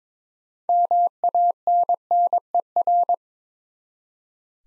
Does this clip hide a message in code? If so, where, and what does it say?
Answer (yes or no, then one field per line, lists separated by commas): yes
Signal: Morse code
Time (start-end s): 0.7-3.1 s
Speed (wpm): 22 wpm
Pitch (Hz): 700 Hz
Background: none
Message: MANNER